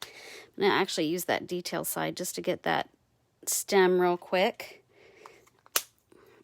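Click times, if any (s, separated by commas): 5.8 s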